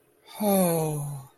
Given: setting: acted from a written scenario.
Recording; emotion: vocal sound without words; romantic love